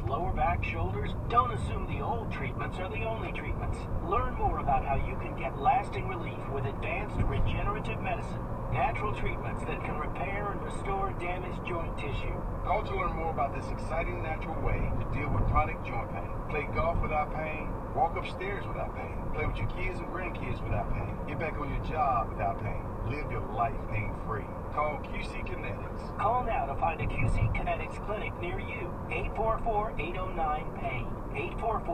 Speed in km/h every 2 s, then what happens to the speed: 26, 35, 44, 50, 53, 56, 56, 58, 58, 55, 53, 53, 55, 55, 55, 53.
0-10 speeds up to 56. 10-32 steady at about 55.